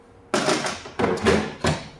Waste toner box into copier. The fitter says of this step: like that you're can hear two clicks